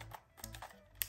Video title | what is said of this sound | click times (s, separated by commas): Sony ZV1 Camera Unboxing - Becoming A Content Creator In 2023! | and it just opens like that and then you put the battery in and it makes a little click sound when it's in | 1.0 s